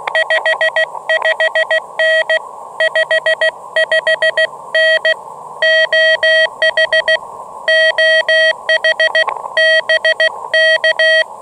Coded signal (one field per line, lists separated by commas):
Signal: Morse code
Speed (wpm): 16 wpm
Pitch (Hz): 1900 Hz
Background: none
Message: 55N 55N OH OH BK